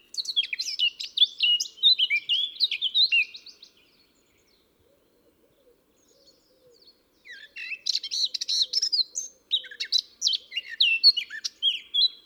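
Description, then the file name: Eurasian blackcap singing two rich, fast warbling phrases of chattering and fluty notes, separated by a quiet pause. "Sylvia atricapilla"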